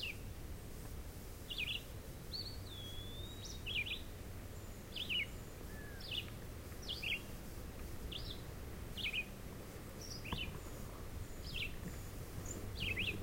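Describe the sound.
Red-eyed vireo delivering a steady series of short, choppy up-and-down phrases with brief pauses, while a separate bird gives a drawn-out whistle near the start; low background hum throughout.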